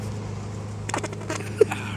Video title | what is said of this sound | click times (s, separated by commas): How to Replace Cabin Pressure Vents Without Removing Your Interior (Chevrolet or GMC Truck) | I can feel that thing clip in real nice. | 0.9 s, 1.6 s